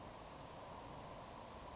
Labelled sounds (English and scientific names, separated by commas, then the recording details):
Savannah Sparrow (Passerculus sandwichensis)
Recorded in Sonoma County, California